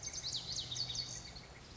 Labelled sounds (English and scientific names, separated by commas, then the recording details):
Lazuli Bunting (Passerina amoena)
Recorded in Sonoma County, California